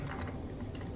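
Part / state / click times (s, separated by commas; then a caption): key fob case halves / partly seated / 0.1 s, 0.8 s. The plastic key fob case halves of a 2002-2006 V-Rod are pressed shut with thumb and palm, giving small crunching clicks at 0.1, 0.1 and 0.8 seconds over a steady low hum. The crunch means the case is only partly closed and is not sealing properly.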